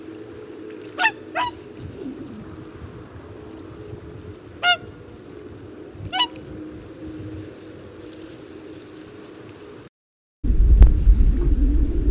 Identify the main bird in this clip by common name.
Whooper Swan